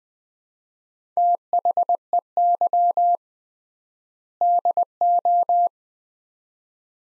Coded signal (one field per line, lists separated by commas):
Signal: Morse code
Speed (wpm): 20 wpm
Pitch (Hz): 700 Hz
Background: none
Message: THEY DO